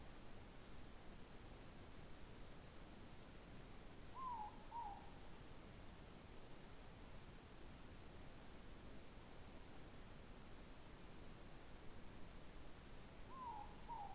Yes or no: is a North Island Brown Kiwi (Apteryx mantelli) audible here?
no